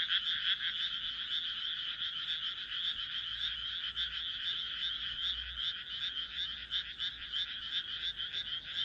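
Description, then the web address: Frogs calling together, a loud high rattling trill with rapid pulses, steady to the end. "kaeru kaeru"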